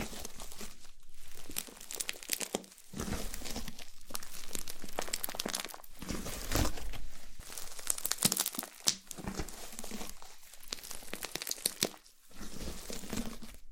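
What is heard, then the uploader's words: Slime being squeezed and worked by hand, with dense wet crackles, crinkles and squelches running almost continuously. Brief quieter gaps come at roughly two-second intervals, around 1, 3, 4, 6, 10.5 and 12 seconds, as the slime is pressed and released. ASMR SLIME SATISFYING - NO TALKING.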